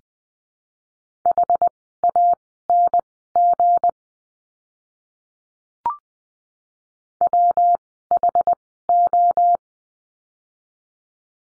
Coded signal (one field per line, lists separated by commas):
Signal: Morse code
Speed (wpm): 20 wpm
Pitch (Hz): 700 Hz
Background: none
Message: HANG WHO